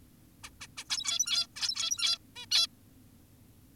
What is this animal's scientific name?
Taeniopygia guttata